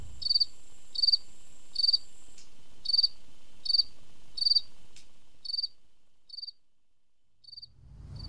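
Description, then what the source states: Cricket song: a series of short, high, pulsed chirps that fade toward the end. Song produced by wing rubbing, as pegs on one forewing drag across a file on the other forewing.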